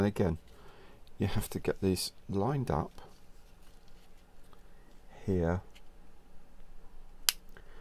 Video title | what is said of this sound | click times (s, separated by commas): BUCCANEER Airfix 2022 brand new tooling 1/48 scale - build day one - cockpit and nose HD1080p | so click in place here click Clicks in place there we go so | 7.3 s